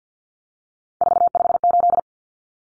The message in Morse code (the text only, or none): 458